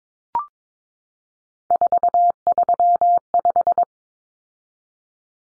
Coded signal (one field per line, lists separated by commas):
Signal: Morse code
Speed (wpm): 22 wpm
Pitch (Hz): 700 Hz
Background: none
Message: 435